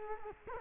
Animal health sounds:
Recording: mosquito wingbeat signal from an infrared sensor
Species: Culex quinquefasciatus

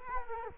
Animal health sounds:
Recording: mosquito wingbeat signal from an infrared sensor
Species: Culex quinquefasciatus

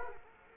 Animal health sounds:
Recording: mosquito wingbeat signal from an infrared sensor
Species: Culex quinquefasciatus

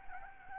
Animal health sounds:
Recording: mosquito wingbeat signal from an infrared sensor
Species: Aedes albopictus

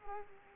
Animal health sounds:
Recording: mosquito wingbeat signal from an infrared sensor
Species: Culex quinquefasciatus

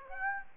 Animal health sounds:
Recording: mosquito wingbeat signal from an infrared sensor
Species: Aedes aegypti

